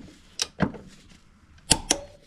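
A rear suspension bolt's tightening is re-checked with a torque wrench while the rear alignment is being adjusted. Sharp, short clicks ring out, with the wrench's click at 1.7 s and another at 1.9 s following softer knocks near 0.4 and 0.6 s. The bolt is confirmed good.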